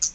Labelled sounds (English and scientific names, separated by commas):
Hooded Warbler (Setophaga citrina) flight call